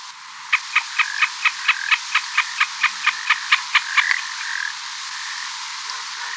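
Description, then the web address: Puna snipe call: an even series of many sharp ticks, followed by a few drawn-out buzzy notes. Ecuador, South America. "Birds of Ecuador. Puna Snipe"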